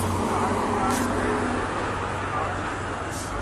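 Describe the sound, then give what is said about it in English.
A car pulls out into traffic: a steady low engine hum and rumble sits under a constant wash of road noise, with two brief hissy swells partway through. “This car is pulling out.”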